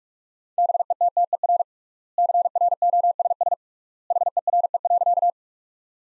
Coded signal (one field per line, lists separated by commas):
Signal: Morse code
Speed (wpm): 46 wpm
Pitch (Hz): 700 Hz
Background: none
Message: BETTER CROSS HERE.